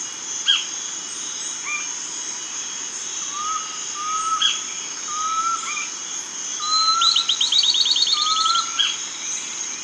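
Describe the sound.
Bird calls: short level whistles repeated every second or so, then a fast high rattling trill near the end, over a steady shrill insect drone.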